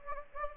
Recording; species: mosquito wingbeat signal from an infrared sensor; Anopheles gambiae